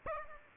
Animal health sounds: mosquito wingbeat signal from an infrared sensor; Aedes aegypti

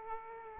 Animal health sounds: mosquito wingbeat signal from an infrared sensor; Aedes aegypti

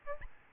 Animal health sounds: mosquito wingbeat signal from an infrared sensor; Aedes albopictus

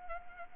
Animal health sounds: mosquito wingbeat signal from an infrared sensor; Anopheles arabiensis

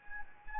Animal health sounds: mosquito wingbeat signal from an infrared sensor; Anopheles gambiae

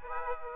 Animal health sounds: mosquito wingbeat signal from an infrared sensor; Aedes aegypti

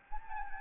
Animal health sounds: mosquito wingbeat signal from an infrared sensor; Anopheles arabiensis

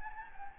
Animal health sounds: mosquito wingbeat signal from an infrared sensor; Anopheles gambiae

